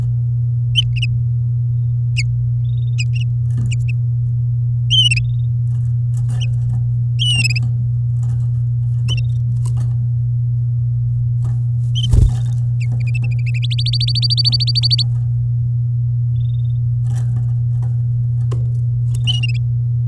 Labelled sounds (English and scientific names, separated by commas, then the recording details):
Domestic Canary (Serinus canaria) song
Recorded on 10 May 2018 at 09:54
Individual llb16